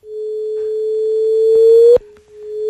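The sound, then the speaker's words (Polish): A sonified black hole collision: a steady electronic tone swells and creeps slightly upward in pitch, then breaks off with a sharp click before the tone resumes. No one speaks. “To kolizja czarnych dziur.”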